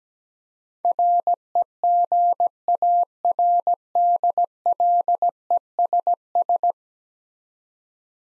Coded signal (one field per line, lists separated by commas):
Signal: Morse code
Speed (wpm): 17 wpm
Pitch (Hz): 700 Hz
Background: none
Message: REGARDLESS